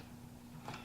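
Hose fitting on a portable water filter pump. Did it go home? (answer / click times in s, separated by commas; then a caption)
no / none. A hose fitting on a portable water filter pump is loosened and readjusted by hand, but the fitting fails to lock, so nothing has seated or clicked. A low steady hum runs under the clip, with one soft broadband hit near 0.7 s.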